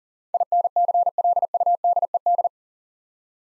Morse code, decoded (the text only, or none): INCLUDED